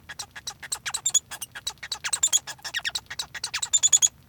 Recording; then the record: song of a male Bengalese finch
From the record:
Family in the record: son of father 1